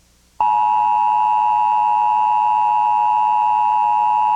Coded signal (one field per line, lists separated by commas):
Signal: Emergency Alert System (SAME) tones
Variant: 853 and 960 Hz attention tone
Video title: EAS activation - 1157 AM - KPIX 5 CBS February 24, 2005